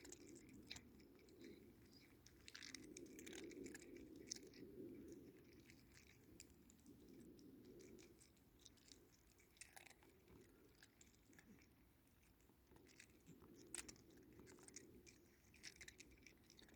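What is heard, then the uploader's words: Cats eating, with wet chewing and small bites crackling in irregular bursts throughout. A low purring rumble swells and fades, strongest around 3–5 seconds and again near 14 seconds. Sharp clicks stand out near 4 and 14 seconds. My cats do little head pushing during feeding.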